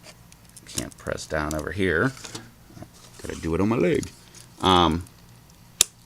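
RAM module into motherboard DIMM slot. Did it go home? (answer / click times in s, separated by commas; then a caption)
yes / 5.8 s. A RAM module is pressed down into its motherboard DIMM slot, with the board resting on a leg, until the plastic retention tab at the top clicks in. Someone talks through most of the clip. A single loud, sharp click at 5.8 s marks the module seating.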